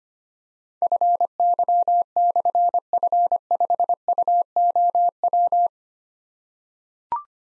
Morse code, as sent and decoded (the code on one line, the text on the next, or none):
..-. -.-- -..-. ..-. ..... ..- --- .--
FY/F5UOW